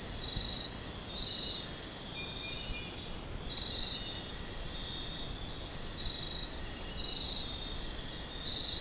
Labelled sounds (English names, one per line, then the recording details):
none
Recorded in pastures near Puerto Asís, Putumayo, Colombia, on 26 December 2024 at 04:30
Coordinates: 0.466, -76.322
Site G040